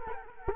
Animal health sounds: mosquito wingbeat signal from an infrared sensor; Culex quinquefasciatus

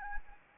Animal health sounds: mosquito wingbeat signal from an infrared sensor; Anopheles arabiensis

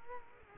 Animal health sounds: mosquito wingbeat signal from an infrared sensor; Culex quinquefasciatus

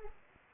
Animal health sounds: mosquito wingbeat signal from an infrared sensor; Anopheles arabiensis

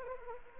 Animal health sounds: mosquito wingbeat signal from an infrared sensor; Anopheles arabiensis

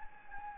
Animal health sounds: mosquito wingbeat signal from an infrared sensor; Anopheles gambiae

